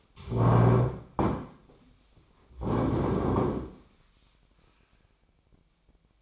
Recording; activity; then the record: daily activity, microphone in the room; stand up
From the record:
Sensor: 1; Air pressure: 1009.4 hPa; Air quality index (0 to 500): 180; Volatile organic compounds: 3 ppm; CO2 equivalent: 1518 ppm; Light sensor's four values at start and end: 46/122/51/61 and 45/119/49/59